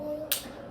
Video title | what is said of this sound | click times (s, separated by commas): Type 1 diabetes | All right. That was a little click. | 0.3 s